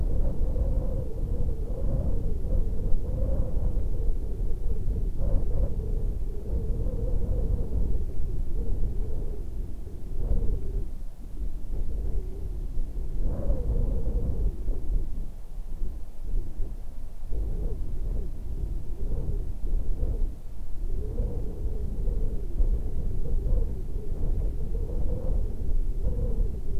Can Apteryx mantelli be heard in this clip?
no